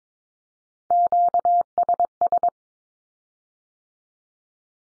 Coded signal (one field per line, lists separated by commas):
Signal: Morse code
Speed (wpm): 22 wpm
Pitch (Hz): 700 Hz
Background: none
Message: QSS